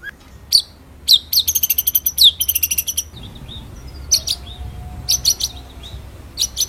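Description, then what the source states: White-rumped shama: a quick burst of very high, thin repeated notes and chips, then sparse scattered high calls. Masteran recording, a training song played to teach songbirds, with full rolling (ngerol) song and forceful shooting (nembak) phrases.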